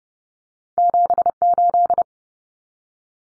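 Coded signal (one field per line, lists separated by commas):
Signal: Morse code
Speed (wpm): 30 wpm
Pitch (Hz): 700 Hz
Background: none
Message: 78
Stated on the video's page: Morse drill of two-digit numbers at 30 wpm for head-copy, each sent, spoken, then sent again.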